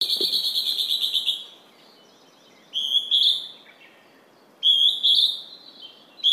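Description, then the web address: Northern hawk-cuckoo call: a rapid series of short notes at first, then several high two-note calls with the second note rising, over low background hiss. "izumino saunndo zyuuiti"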